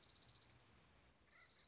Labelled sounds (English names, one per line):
Dark-eyed Junco